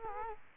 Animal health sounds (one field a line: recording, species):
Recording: mosquito wingbeat signal from an infrared sensor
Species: Culex quinquefasciatus